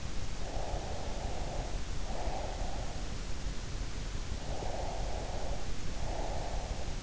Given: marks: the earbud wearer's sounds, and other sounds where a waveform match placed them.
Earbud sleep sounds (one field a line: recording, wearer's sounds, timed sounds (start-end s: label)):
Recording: sounds in sleep by an in-ear microphone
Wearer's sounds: breath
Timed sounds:
0.37-3.08 s: breath
4.54-7.00 s: breath